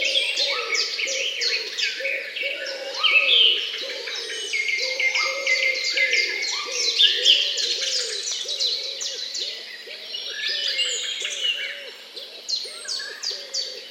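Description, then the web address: Several birds sing together in quick, twittering phrases, with soft low cooing notes repeated throughout. Morning bird songs. "utrennie pesni ptic"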